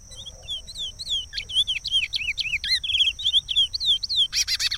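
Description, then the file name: Chestnut-bellied seed finch song: quick tumbling whistles, some trilled, rising and falling in a lively jumble, finishing with a loud buzzy burst; a faint low hum early on. "canto do curio"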